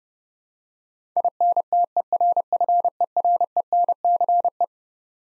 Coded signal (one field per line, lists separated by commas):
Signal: Morse code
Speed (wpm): 32 wpm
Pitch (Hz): 700 Hz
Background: none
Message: INTERFERENCE